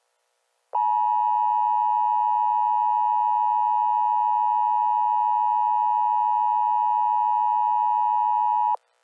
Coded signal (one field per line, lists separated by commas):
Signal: Emergency Alert System (SAME) tones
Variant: 853 and 960 Hz attention tone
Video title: ATLAS - Deadly American Terror (USA EAS Scenario)